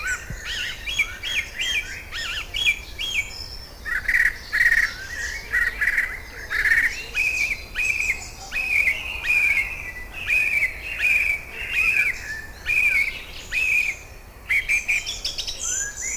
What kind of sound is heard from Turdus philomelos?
song